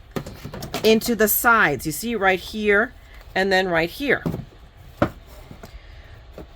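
Someone talks while pushing the side tabs of a stamp storage organizer panel into the slots in its side pieces. A sharp snap at 5.0 s marks the side tab seating into the side panel slot, followed by a few faint handling taps.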